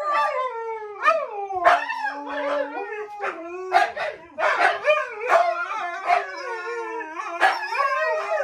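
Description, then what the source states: Siberian Husky: huskies howling in a warbling duet, one voice holding a flat low note briefly while the other wavers above, punctuated by quick yips. Two huskies howling together in a duet inside an apartment; the neighbours are said to be shocked.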